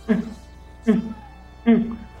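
An adult imitates an infant's breathing grunt: three short, low voiced grunts about 0.8 seconds apart. In a young child or breastfeeding infant with a runny, blocked nose from a respiratory virus, this grunting, along with refusing feeds or weak sucking, is a warning sign that the child is at risk and may need oxygen.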